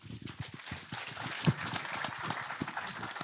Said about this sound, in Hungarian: Ő nem akart szerepelni. Egy taps jár neki.